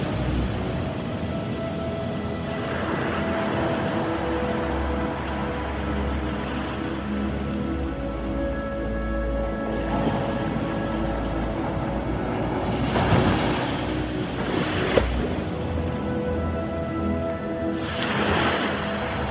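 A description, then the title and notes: Ocean waves wash in steadily, with fuller surges of surf near 3, 10, 13, 15 and 18 seconds. Soft, sustained meditation music tones hold underneath throughout, along with a low rumble, keeping the overall level even. Easy Relaxation Ocean Waves and Meditation Music.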